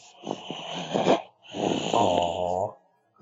Looks down at what's sleeping at his side. She's snoring.